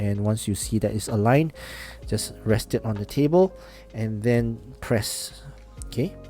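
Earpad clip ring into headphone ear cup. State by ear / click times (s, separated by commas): not seated / none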